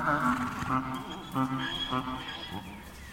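A mule, an outcast that has left the herd, lets out a mournful, braying cry from the other end of a gravel yard: a run of about five wavering, harmonic calls that rise and fall in pitch in quick, uneven succession.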